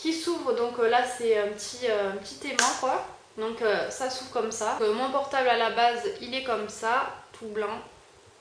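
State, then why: Not seated. A Samsung Galaxy Y smartphone is handled beside a pink plastic flip case with a magnetic closure, and the case is opened while someone talks throughout. Nothing has clipped or seated yet; the phone is not yet snapped into the case.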